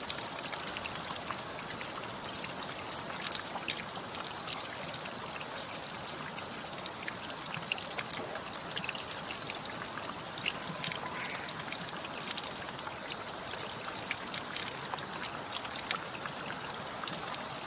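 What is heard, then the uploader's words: Steady dripping water and rain, a dense, even patter of bright ticks and splashes that holds at one level for the whole clip. Kawaguchi's continuous dripping water and the rain.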